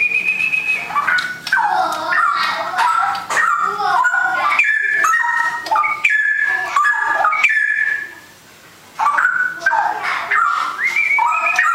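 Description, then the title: Oriental magpie-robin song: a rich, nonstop run of clear whistles, slurs and quick chattery notes jumping between pitches, with a brief pause near the end. "Kicau Kacer"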